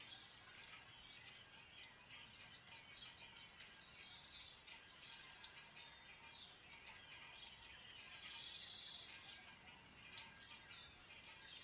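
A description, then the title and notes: Birds chirp and tweet constantly in bright, overlapping calls above a soft, steady patter resembling light rain throughout the twelve seconds. Birds and Rain, sounds of Nature.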